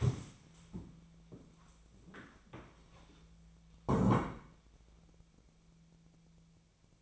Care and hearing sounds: daily activity, microphone in the room; stand up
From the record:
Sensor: 1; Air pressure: 1000.5 hPa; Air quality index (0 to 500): 176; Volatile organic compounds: 4 ppm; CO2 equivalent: 1632 ppm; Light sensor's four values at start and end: 13/31/13/15 and 13/31/13/15

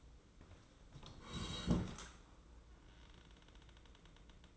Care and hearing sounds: daily activity, microphone in the room; sit down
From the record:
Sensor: 3

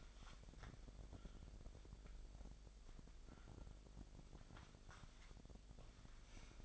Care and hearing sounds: daily activity, microphone in the room; wipe stove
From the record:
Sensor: 5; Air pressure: 1001.7 hPa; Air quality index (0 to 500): 180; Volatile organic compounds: 11 ppm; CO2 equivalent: 2305 ppm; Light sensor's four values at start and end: 24/81/31/32 and 24/80/30/32

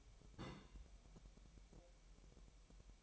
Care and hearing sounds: daily activity, microphone in the room; place on stove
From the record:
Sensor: 1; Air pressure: 1002.0 hPa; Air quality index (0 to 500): 247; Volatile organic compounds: 51 ppm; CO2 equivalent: 3313 ppm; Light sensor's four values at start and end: 5/12/5/6 and 5/12/5/6

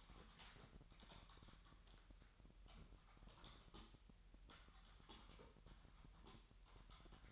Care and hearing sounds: daily activity, microphone in the room; typing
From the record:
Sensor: 3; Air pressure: 1002.0 hPa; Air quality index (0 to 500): 246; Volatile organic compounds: 50 ppm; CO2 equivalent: 3295 ppm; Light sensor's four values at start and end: 13/39/17/15 and 12/38/16/14

